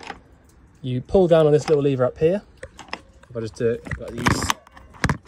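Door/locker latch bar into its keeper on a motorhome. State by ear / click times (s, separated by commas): seated / 5.0 s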